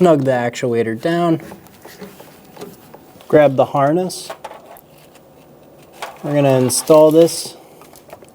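Someone talks while grabbing the new wire harness for the 4WD front axle shift actuator on a 1988-1999 GMC K1500 and lining up its connector plug before pushing it into the actuator, with a few faint handling clicks and rustles between the speech. The connector has not been pushed in, and nothing has seated or clicked yet.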